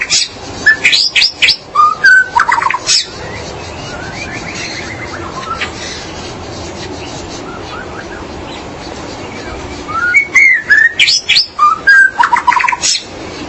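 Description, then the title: Magpie-robin or shama song in two lively bursts of rapid, rich whistles and sharp chirps, separated by several seconds of softer faint notes and background hiss. "Suara Burung Murai"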